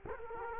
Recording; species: mosquito wingbeat signal from an infrared sensor; Culex quinquefasciatus